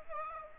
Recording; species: mosquito wingbeat signal from an infrared sensor; Aedes aegypti